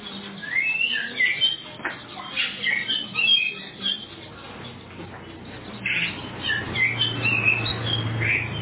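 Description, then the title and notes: Oriental magpie-robin song, a string of whistled and scratchy phrases with a brief lull, over a low background hum. "suara kacer. kumpulan suara burung kacer"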